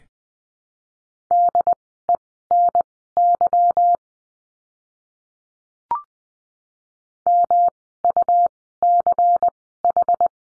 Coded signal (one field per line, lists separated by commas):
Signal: Morse code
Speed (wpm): 20 wpm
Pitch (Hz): 700 Hz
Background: none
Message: DENY MUCH